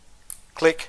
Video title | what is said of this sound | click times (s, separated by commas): Build your own computer. | the other two click | 0.3 s